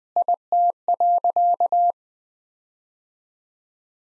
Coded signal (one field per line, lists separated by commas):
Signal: Morse code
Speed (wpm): 20 wpm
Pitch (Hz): 700 Hz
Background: none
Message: IT.